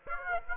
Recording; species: mosquito wingbeat signal from an infrared sensor; Aedes aegypti